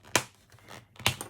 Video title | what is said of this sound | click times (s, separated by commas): Wanderer Wallet - Cotton Version Tutorial | okay you know it worked when it makes that snap sound | 0.1 s, 1.1 s